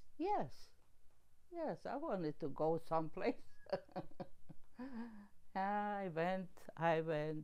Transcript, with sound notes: Yes. Yes. I wanted to go someplace. (laughing) I went, I went,